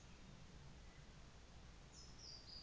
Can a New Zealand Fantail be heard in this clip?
no